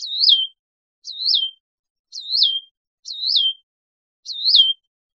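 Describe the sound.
Hutton's vireo song, a single high slurred phrase dipping then rising and falling, repeated several times with clear silence between.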